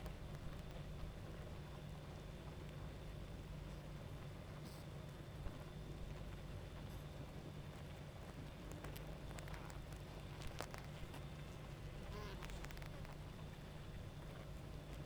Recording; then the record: honeybee colony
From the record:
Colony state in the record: active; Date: 28 July 2017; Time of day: 23:03